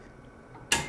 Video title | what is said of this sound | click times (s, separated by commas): etrailer - Complete Breakdown of the Curt A16 5th Wheel Trailer Hitch w/ S20 Slider | push it on and now you're locked all ready to go so it's very simple to operate | 0.7 s